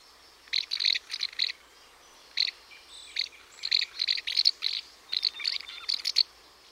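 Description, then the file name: Common house martin calls: dry, buzzy chirps in short bursts with pauses, then a livelier run of twittering. "housemartin"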